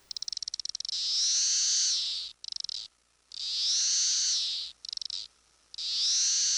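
Cicadas buzzing: long, high, harsh drones alternate with bursts of rapid clicking ticks, the pattern repeating every two and a half seconds or so.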